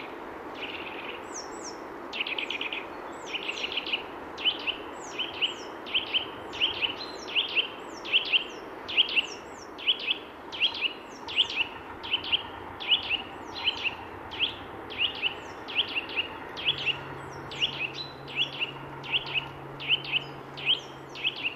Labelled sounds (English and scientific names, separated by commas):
Great Tit (Parus major) song